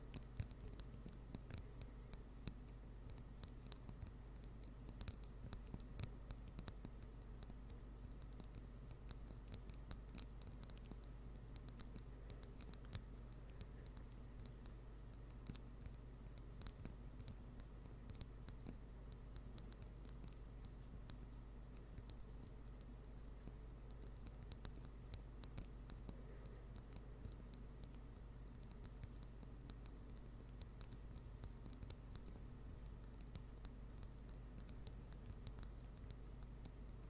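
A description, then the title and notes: Slow, rain-like tapping runs through the whole clip as scattered sharp clicks of uneven spacing, a little denser around five to twelve seconds and again near the end. Beneath them sits a steady low rumble, like an engine or traffic hum, that never changes. ASMR NO TALKING slow rain-like Tapping.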